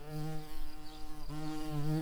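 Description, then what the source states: Tree bumblebee buzzing: a steady, low, droning hum with rich overtones, wavering slightly in pitch. Queens.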